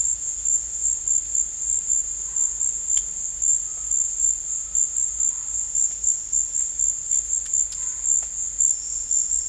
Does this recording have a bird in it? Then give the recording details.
no. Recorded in dense forest near Puerto Asís, Putumayo, Colombia, on 20 December 2024 at 14:30. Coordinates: 0.484, -76.325. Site G056